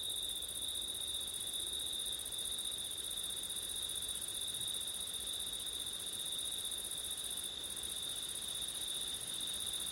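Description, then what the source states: Cricket chorus, a continuous shrill trill at two high pitches, the upper one dropping out briefly once, over soft low wind noise. Crickets on a September night in wind.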